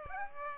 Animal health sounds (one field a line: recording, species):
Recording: mosquito wingbeat signal from an infrared sensor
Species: Aedes aegypti